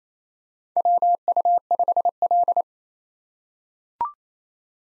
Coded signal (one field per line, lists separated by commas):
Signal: Morse code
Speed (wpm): 27 wpm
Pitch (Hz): 700 Hz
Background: none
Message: WU5L